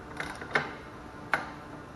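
A click-type torque wrench tightens the inner wheel bearing adjusting nut on a truck axle to 50 ft-lb. It gives two short, sharp clicks at 0.6 s and 1.3 s, fainter than at 200 ft-lb, over some quieter ratcheting ticks. The wrench reaches its 50 ft-lb setting and clicks.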